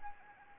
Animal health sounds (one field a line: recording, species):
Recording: mosquito wingbeat signal from an infrared sensor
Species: Anopheles arabiensis